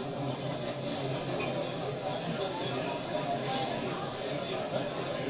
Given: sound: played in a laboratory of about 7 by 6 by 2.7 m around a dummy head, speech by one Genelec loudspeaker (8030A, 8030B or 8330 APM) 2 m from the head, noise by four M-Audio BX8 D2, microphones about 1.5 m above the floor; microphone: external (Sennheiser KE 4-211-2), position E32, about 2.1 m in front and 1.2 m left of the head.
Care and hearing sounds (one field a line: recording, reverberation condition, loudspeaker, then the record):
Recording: cafeteria noise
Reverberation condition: low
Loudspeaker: four, about 170 cm from the corners of the room and facing them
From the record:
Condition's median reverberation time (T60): about 310 ms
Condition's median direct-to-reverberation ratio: about 3.5 dB